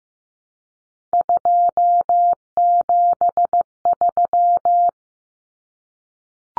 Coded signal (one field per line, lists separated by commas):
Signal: Morse code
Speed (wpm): 15 wpm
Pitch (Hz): 700 Hz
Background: none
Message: 273